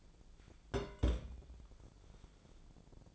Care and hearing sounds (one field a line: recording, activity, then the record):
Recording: daily activity, microphone in the room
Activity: place on stove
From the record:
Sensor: 5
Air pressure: 1000.1 hPa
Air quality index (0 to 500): 94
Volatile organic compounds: 1 ppm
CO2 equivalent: 770 ppm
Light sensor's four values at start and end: 318/744/324/363 and 316/736/322/362